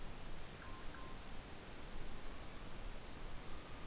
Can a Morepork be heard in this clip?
no